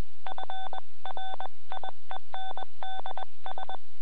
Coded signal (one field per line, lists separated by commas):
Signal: Morse code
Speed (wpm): 21 wpm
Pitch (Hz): 3500 Hz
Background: none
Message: FRIENDS